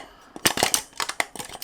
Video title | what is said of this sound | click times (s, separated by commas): 화이트밸런스 조절도 되는 75W 밝기 가성비 탑 유튜브 조명. Godox SL60ⅡBi 다들 쓰는덴 이유가 있다 | 시계 방향으로 딸칵 딸칵 소리가 나면은 체결이 되는 거예요 | 0.5 s, 1.2 s